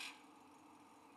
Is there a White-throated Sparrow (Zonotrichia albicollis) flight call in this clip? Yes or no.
no